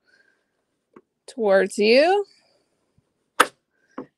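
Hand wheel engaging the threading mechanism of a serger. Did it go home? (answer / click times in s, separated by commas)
yes / 3.4 s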